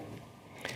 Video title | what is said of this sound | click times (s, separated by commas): NANOCOLOR Advance - Unboxing | right type, slide it in, and once you hear the click, it's ready to use with the photometer. | 0.7 s